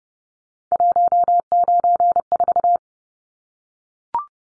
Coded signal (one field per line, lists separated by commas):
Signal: Morse code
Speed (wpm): 30 wpm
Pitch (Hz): 700 Hz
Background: none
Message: 194